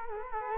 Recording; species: mosquito wingbeat signal from an infrared sensor; Culex quinquefasciatus